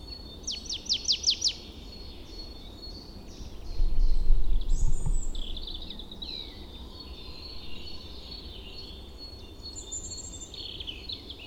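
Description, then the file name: Marsh tit giving a fast run of high descending notes at the start, followed by scattered twittering and a low rumble midway. "Poecile palustris"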